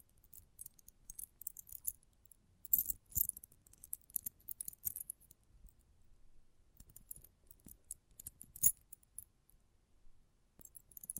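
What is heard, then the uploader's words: Close-up metallic sounds: thin, bright clinks and jingles scattered irregularly throughout, with louder clustered taps near three and eight seconds. ASMR Close Up Metallic Sounds (No Talking).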